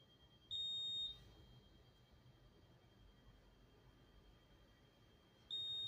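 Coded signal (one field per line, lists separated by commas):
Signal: beep code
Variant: Notifier fire alarm panel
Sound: high-pitched electronic beep lasting about half a second, repeating roughly every five seconds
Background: faint steady hum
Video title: Honeywell Notifier Fire Alarm Panel Beeping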